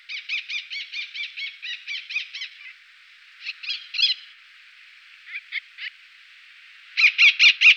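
Eleonora's falcon calls: harsh nasal notes in a fast chattering run, then short bursts of three or four notes, ending with another loud rapid series.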